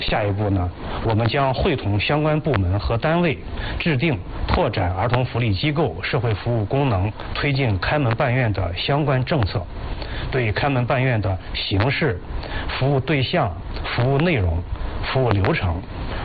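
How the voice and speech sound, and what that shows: An adult man speaks Mandarin fluently and steadily, with a mid-low pitch, clear voicing and almost no pauses, in a formal policy-statement style. His voice is ordinary, with no hoarseness, strain or disfluency. The sound is slightly muffled.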